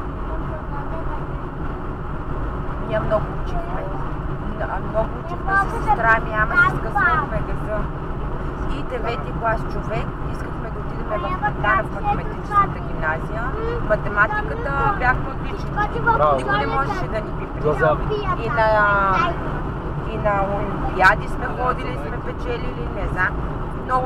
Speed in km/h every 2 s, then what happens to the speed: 87, 87, 88, 88, 87, 87, 87, 87, 88, 87, 87, 87.
0-24 steady at about 87.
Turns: none.